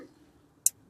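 A wiring harness plug is pushed back onto the ignition coil connector on the 2.5L engine of a 2012 Toyota RAV4 during a spark plug and ignition coil replacement. A single sharp, bright snap is heard at 0.7 s against a quiet background, and the plug is seated.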